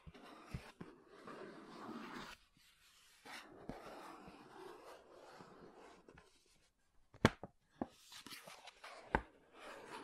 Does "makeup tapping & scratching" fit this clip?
yes